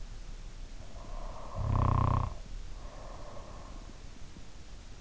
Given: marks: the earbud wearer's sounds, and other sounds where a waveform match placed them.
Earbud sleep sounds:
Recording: sounds in sleep by an in-ear microphone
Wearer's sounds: snoring breath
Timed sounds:
0.73-3.68 s: snoring breath

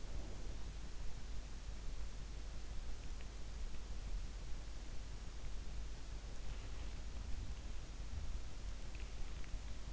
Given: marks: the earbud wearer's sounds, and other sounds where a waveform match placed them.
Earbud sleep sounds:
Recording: sounds in sleep by an in-ear microphone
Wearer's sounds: breath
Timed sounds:
0.00-0.96 s: breath

